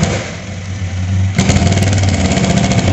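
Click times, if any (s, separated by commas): 1.4 s, 1.5 s, 1.9 s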